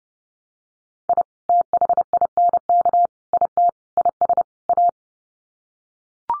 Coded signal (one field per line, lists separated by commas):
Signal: Morse code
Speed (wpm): 30 wpm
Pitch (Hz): 700 Hz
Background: none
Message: I THINK IT IS A